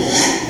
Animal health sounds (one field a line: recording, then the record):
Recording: squeal of a Yucatan mini pig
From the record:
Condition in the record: before surgery on the right vocal fold (resection and tissue-engineered implant)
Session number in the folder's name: 2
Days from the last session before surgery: 0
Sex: male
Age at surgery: 12 weeks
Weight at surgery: 13 kg